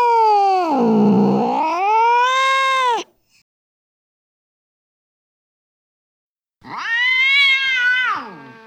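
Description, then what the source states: Cat yowling: two long yowls separated by a few seconds of silence, the first dipping low and then rising, the second higher and wavering. Cat fight with yowls.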